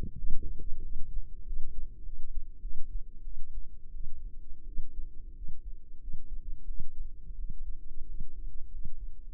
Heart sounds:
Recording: heart sounds by microphone in the left ear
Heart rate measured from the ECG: 92 bpm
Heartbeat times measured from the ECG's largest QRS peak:
0.15 s: heartbeat
0.81 s: heartbeat
1.43 s: heartbeat
2.02 s: heartbeat
2.60 s: heartbeat
3.23 s: heartbeat
3.92 s: heartbeat
4.65 s: heartbeat
5.34 s: heartbeat
5.99 s: heartbeat
6.66 s: heartbeat
7.36 s: heartbeat
8.05 s: heartbeat
8.70 s: heartbeat
9.32 s: heartbeat
From the record:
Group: healthy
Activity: rest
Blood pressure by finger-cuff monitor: 109/66 mmHg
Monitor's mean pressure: 86 mmHg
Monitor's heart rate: 93 bpm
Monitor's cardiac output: 8.3 L/min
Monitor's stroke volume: 87 mL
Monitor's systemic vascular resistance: 750 dyn s/cm5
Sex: female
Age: 24 years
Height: 163 cm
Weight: 55.7 kg

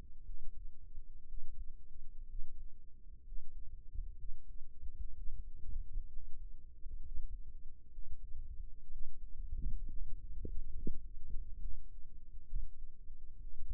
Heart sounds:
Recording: heart sounds by microphone in the right ear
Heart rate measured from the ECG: 64 bpm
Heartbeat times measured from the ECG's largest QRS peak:
0.23 s: heartbeat
1.26 s: heartbeat
2.27 s: heartbeat
3.23 s: heartbeat
4.16 s: heartbeat
5.13 s: heartbeat
6.08 s: heartbeat
7.01 s: heartbeat
7.90 s: heartbeat
8.89 s: heartbeat
9.85 s: heartbeat
10.72 s: heartbeat
11.59 s: heartbeat
12.45 s: heartbeat
13.38 s: heartbeat
From the record:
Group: healthy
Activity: rest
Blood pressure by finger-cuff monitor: 89/57 mmHg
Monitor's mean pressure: 69 mmHg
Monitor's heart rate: 63 bpm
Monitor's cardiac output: 6.1 L/min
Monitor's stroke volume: 97 mL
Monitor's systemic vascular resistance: 820 dyn s/cm5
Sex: male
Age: 22 years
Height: 181 cm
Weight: 79 kg

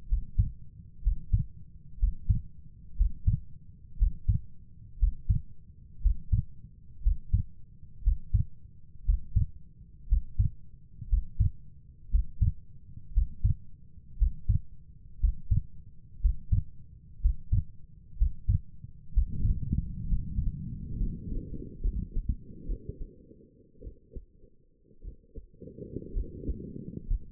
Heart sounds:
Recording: heart sounds by stethoscope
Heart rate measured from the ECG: 60 bpm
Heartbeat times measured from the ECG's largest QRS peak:
0.08 s: heartbeat
1.02 s: heartbeat
1.98 s: heartbeat
2.96 s: heartbeat
3.97 s: heartbeat
4.98 s: heartbeat
6.01 s: heartbeat
7.02 s: heartbeat
8.03 s: heartbeat
9.04 s: heartbeat
10.08 s: heartbeat
11.08 s: heartbeat
12.10 s: heartbeat
13.13 s: heartbeat
14.17 s: heartbeat
15.19 s: heartbeat
16.20 s: heartbeat
17.20 s: heartbeat
18.17 s: heartbeat
19.13 s: heartbeat
20.07 s: heartbeat
20.97 s: heartbeat
21.82 s: heartbeat
22.66 s: heartbeat
23.81 s: heartbeat
25.02 s: heartbeat
26.14 s: heartbeat
27.08 s: heartbeat
From the record:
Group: healthy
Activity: breath hold 0-19 s, rest 19-27 s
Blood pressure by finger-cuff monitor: 92/60 mmHg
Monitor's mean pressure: 68 mmHg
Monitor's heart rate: 59 bpm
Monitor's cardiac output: 4.7 L/min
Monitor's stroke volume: 77 mL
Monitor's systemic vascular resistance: 1050 dyn s/cm5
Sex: female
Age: 28 years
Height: 170 cm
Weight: 77 kg

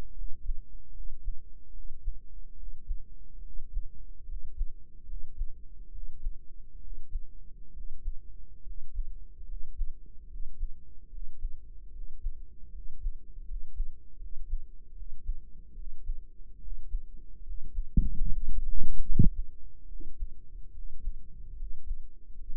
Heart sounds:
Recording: heart sounds by microphone in the right ear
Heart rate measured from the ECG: 73 bpm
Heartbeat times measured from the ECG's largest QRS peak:
0.11 s: heartbeat
0.90 s: heartbeat
1.70 s: heartbeat
2.53 s: heartbeat
3.39 s: heartbeat
4.23 s: heartbeat
5.03 s: heartbeat
5.88 s: heartbeat
6.77 s: heartbeat
7.70 s: heartbeat
8.61 s: heartbeat
9.43 s: heartbeat
10.25 s: heartbeat
11.07 s: heartbeat
11.89 s: heartbeat
12.69 s: heartbeat
13.43 s: heartbeat
14.16 s: heartbeat
14.92 s: heartbeat
15.72 s: heartbeat
16.57 s: heartbeat
17.41 s: heartbeat
18.21 s: heartbeat
19.01 s: heartbeat
19.85 s: heartbeat
20.70 s: heartbeat
21.54 s: heartbeat
22.33 s: heartbeat
From the record:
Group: healthy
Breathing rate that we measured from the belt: 14 breaths a minute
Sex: male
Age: 20 years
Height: 167 cm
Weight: 61 kg

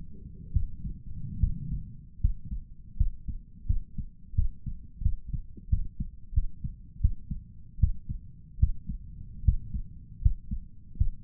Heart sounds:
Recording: heart sounds by stethoscope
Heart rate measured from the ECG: 80 bpm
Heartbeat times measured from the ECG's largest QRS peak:
0.52 s: heartbeat
1.39 s: heartbeat
2.20 s: heartbeat
2.96 s: heartbeat
3.66 s: heartbeat
4.34 s: heartbeat
5.02 s: heartbeat
5.69 s: heartbeat
6.33 s: heartbeat
7.00 s: heartbeat
7.79 s: heartbeat
8.59 s: heartbeat
9.44 s: heartbeat
10.21 s: heartbeat
10.97 s: heartbeat
From the record:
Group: healthy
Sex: male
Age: 35 years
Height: 178 cm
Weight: 64 kg

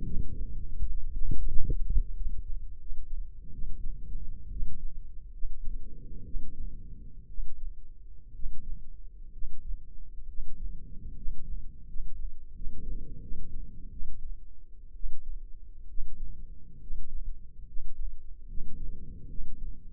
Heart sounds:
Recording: heart sounds by microphone in the left ear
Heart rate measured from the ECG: 72 bpm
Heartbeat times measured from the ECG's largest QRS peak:
0.03 s: heartbeat
0.78 s: heartbeat
1.47 s: heartbeat
2.14 s: heartbeat
2.78 s: heartbeat
3.51 s: heartbeat
4.50 s: heartbeat
5.32 s: heartbeat
6.24 s: heartbeat
7.27 s: heartbeat
8.33 s: heartbeat
9.31 s: heartbeat
10.27 s: heartbeat
11.14 s: heartbeat
11.86 s: heartbeat
12.53 s: heartbeat
13.20 s: heartbeat
13.90 s: heartbeat
14.93 s: heartbeat
15.87 s: heartbeat
16.80 s: heartbeat
17.66 s: heartbeat
18.47 s: heartbeat
19.27 s: heartbeat
From the record:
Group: healthy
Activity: rest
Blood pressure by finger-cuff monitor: 128/76 mmHg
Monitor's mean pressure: 93 mmHg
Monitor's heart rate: 74 bpm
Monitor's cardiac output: 7.6 L/min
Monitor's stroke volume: 98 mL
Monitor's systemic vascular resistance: 890 dyn s/cm5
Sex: male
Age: 24 years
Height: 184 cm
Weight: 89 kg

